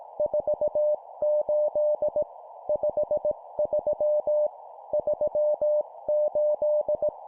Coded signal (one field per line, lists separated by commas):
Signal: Morse code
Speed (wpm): 18 wpm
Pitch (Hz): 600 Hz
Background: none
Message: 48 53 38